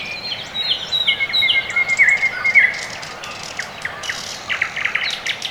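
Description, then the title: Birds in chorus, a long phrase of level whistles followed by scattered chirps and ticks from other singers over soft hiss. Quiet early morning in the Orekhovo-Borisovo Severnoye district, Moscow, Russia; recorded with a Sony ECM-MS2 into a Marantz PMD-661, processed with iZotope RX2 equalisation and gain. "район Орехово-Борисово Северное, Москва, Россия - Morning birds"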